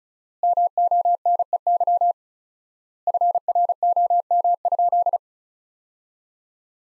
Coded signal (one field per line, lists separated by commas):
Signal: Morse code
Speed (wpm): 36 wpm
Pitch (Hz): 700 Hz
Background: none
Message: MONEY FROM?